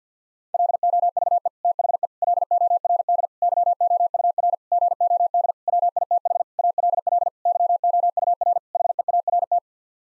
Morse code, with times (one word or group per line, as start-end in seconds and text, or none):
0.5-1.5 LOVE
1.6-2.1 THE
2.2-3.3 LORD
3.4-4.5 YOUR
4.7-5.5 GOD
5.7-6.4 WITH
6.6-7.3 ALL
7.5-8.6 YOUR
8.8-9.6 HEART